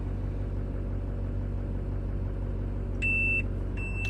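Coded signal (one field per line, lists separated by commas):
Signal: beep code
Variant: dashcam error beep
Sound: two clear high beeps, the second cut off at the end, over vehicle rumble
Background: idling truck engine rumble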